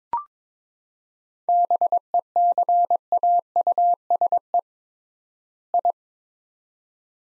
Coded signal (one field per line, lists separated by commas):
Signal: Morse code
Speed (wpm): 22 wpm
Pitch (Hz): 700 Hz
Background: none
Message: BECAUSE I